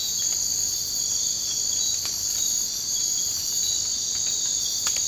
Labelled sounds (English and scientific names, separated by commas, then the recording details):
none
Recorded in dense forest near Puerto Asís, Putumayo, Colombia, on 24 March 2025 at 04:30
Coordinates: 0.485, -76.318
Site G056